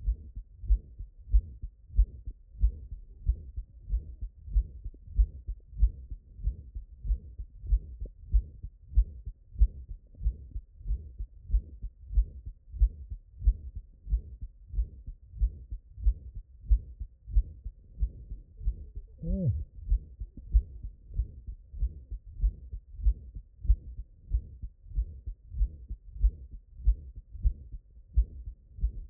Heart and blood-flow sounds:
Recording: heart sounds by stethoscope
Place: mitral valve (MV)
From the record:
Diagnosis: non-HFrEF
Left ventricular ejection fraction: 72%

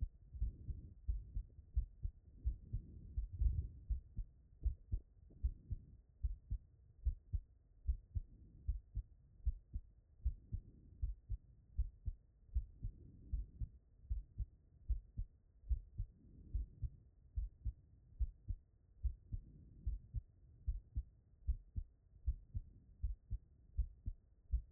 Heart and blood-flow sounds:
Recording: heart sounds by stethoscope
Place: pulmonary valve (PV)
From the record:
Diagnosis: non-HFrEF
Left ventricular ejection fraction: 58%

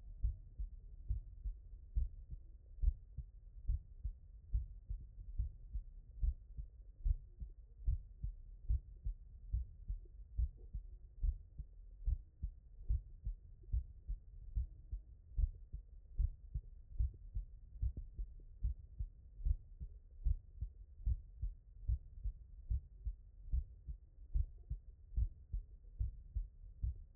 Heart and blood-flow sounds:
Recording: heart sounds by stethoscope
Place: tricuspid valve (TV)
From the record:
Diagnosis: non-HFrEF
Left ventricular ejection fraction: 60%

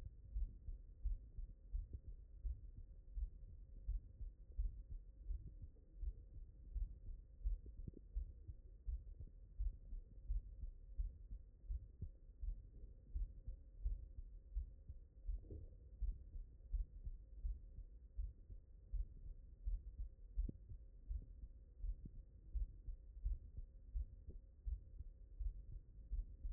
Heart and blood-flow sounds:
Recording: heart sounds by stethoscope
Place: mitral valve (MV)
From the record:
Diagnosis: non-HFrEF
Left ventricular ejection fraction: 60%

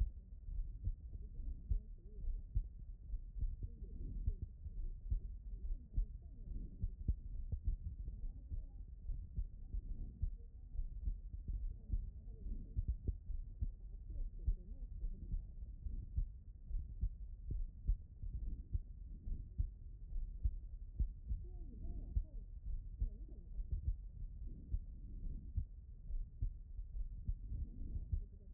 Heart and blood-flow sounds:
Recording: heart sounds by stethoscope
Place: pulmonary valve (PV)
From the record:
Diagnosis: HFrEF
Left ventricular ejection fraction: 33%

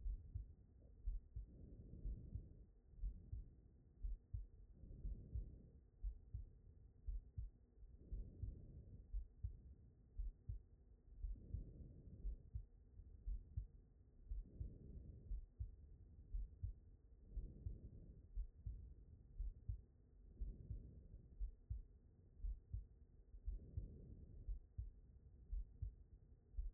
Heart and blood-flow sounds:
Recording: heart sounds by stethoscope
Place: aortic valve (AV)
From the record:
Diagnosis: non-HFrEF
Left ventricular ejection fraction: 66%

